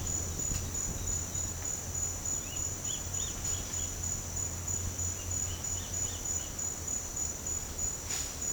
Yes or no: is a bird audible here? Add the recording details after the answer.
yes. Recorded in pastures near Puerto Asís, Putumayo, Colombia, on 23 June 2025 at 08:30. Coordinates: 0.496, -76.326. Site GP01